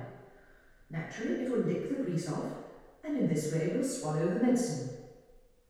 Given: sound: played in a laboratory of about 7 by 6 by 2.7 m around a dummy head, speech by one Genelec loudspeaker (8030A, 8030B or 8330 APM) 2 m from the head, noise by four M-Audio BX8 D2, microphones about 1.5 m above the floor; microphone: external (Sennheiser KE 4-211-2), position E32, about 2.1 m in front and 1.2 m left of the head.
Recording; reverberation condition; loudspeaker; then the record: female speech in English; high; behind (180 degrees)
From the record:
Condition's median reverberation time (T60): about 1300 ms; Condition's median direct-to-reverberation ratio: about -4.0 dB